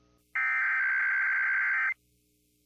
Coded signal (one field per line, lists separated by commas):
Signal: Emergency Alert System (SAME) tones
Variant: header bursts